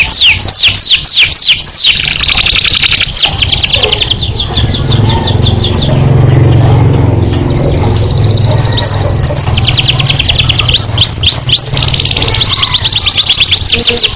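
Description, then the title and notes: Canary song: long stretches of fast, buzzy trills and chirped notes, switching between rattling series and downward-swept phrases, with a constant low rumble beneath. Canary master song, meant as a lure to stimulate other birds into singing. "PANCINGAN SUARA MASTERAN KENARI BIKIN BURUNG MAKIN MENGGILA. masteran kicau kenari"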